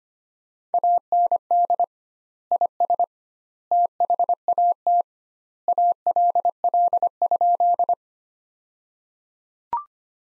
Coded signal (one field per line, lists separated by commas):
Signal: Morse code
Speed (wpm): 25 wpm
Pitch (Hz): 700 Hz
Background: none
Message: AND IS THAT ALL?